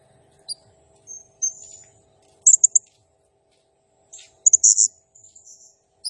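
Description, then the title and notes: Blue-crowned hanging parrot calls: scattered thin high notes, then loud clipped triple chips and buzzy shrill bursts over a faint steady hum. Singing energetically (gacor, nembak style); recording meant as masteran and lure (pemikat) for other birds. "Burung Serindit Nembak Gacor Bikin Emosi Semua Burung. Suara Nasteran Dan Pemikat Burung Serinditan Gacor"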